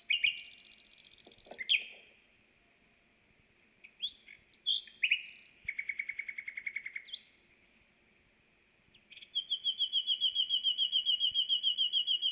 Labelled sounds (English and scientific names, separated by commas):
Common Nightingale (Luscinia megarhynchos) song